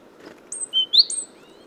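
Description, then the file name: Great tit calling, a short run of clear high sliding notes over a quiet background. "Parus major"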